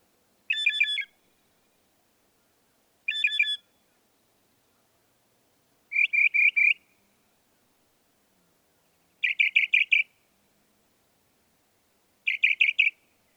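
Northern mockingbird singing short bursts of stuttered notes every few seconds, switching to a different phrase type partway through; quiet background otherwise.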